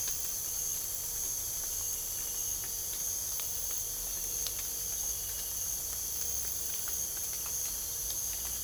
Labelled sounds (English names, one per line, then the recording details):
none
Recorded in pastures near Puerto Asís, Putumayo, Colombia, on 26 December 2024 at 03:00
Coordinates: 0.497, -76.327
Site G088